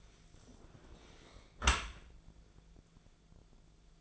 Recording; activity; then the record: daily activity, microphone in the room; close dishwasher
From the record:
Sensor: 5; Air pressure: 1000.6 hPa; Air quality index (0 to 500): 161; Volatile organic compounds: 2 ppm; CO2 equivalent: 1233 ppm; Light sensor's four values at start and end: 47/107/46/50 and 48/108/46/51